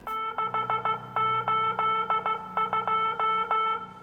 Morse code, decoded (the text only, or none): 682